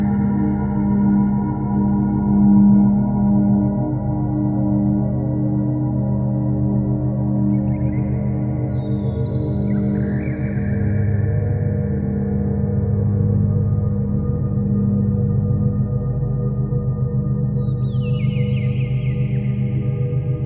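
Steady, pure tones hum without a break, with a warm low drone and soft pulsing beneath it. Around eight seconds and again near eighteen, a faint bright shimmering sweep rises above, like a gently struck bowl ringing out, while the overall level stays even throughout.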